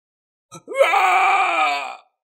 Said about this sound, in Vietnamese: Công chủ Đại Thánh phát ra một tiếng hét thảm, đầu bị Thần Thiết Màu Đen đánh cho ngàn vạn hoa đào nở.